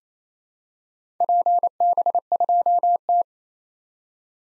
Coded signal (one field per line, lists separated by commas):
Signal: Morse code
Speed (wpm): 28 wpm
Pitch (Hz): 700 Hz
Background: none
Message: PB2T